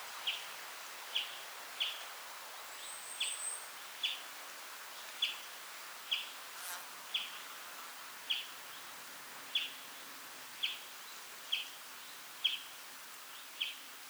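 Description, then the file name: European greenfinch calls: brief sharp chirps repeated in a steady series, with faint background hiss and a brief higher note once. "Chloris chloris"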